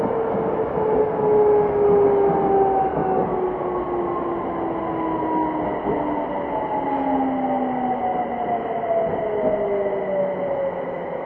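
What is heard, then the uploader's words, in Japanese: A Yokohama Municipal Subway 3000V train runs steadily, with a dense, even rumble and rattle throughout. Over it, several high whining motor tones glide slowly downward across the whole stretch, suggesting the train easing its speed, while the loudness stays nearly constant. 横浜市営地下鉄3000V形 湘南台ーあざみ野。普通運用を録音しました。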